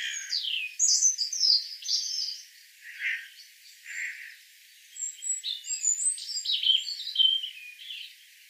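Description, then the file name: European robin song: two bursts of varied high, thin notes and twitters, separated by a pause with a few lower single notes. "Erithacus rubecula"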